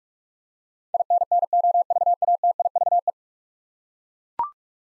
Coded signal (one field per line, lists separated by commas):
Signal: Morse code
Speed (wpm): 42 wpm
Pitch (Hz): 700 Hz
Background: none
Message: INNOVATIVE